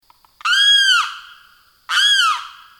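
Limpkin giving two loud, harsh wailing screams, each rising then dropping at the end, about one and a half seconds apart.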